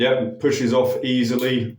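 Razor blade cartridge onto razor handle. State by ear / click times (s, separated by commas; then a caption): not seated / none. A plastic three-blade razor cartridge is handled at its plastic handle while someone talks throughout. Nothing has seated or clicked yet; the cartridge has not gone home on the handle.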